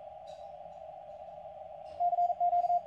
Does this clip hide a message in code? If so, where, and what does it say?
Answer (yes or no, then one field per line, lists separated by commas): yes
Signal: Morse code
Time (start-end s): 2.0-2.8 s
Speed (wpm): 42 wpm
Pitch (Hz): 720 Hz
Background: radio noise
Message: CQ